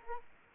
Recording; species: mosquito wingbeat signal from an infrared sensor; Aedes aegypti